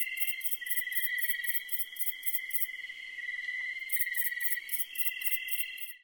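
Crickets: a steady continuous trill with a rhythmic, pulsed high chirping that pauses midway and then resumes.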